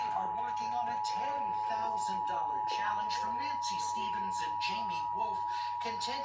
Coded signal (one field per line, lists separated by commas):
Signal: Emergency Alert System (SAME) tones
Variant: 853 and 960 Hz attention tone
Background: speech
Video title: Los Angeles Required Monthly Tests (EAS #1058-#1070)